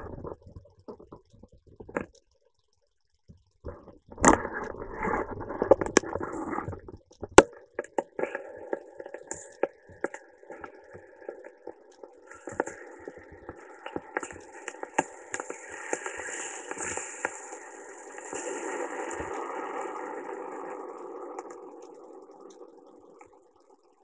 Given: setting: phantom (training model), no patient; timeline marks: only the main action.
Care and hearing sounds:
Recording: laparoscopic instrument, vibration sensor on the handle end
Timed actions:
7.17-22.43 s: coagulation
From the record:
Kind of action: gesture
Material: ex-vivo porcine liver

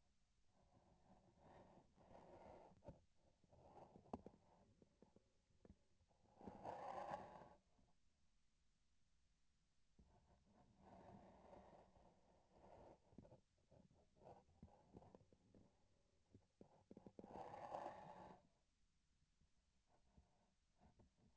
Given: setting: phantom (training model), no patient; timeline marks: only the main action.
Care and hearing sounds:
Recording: laparoscopic instrument, vibration sensor on the handle end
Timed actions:
3.38-5.76 s: palpation
14.14-17.13 s: palpation
From the record:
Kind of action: gesture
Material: synthetic tissue

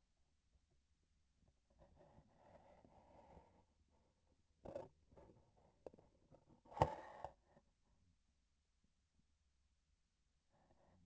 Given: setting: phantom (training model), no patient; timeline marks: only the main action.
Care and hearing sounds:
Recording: laparoscopic instrument, vibration sensor on the handle end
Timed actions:
5.05-6.64 s: palpation
From the record:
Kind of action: gesture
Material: synthetic tissue

